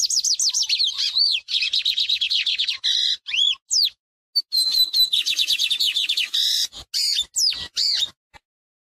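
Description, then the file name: Lined seedeater song, clear whistled notes sliding down, then a fast rattling trill, more rising and falling whistles and another trill, broken by brief silences. "bigodinho"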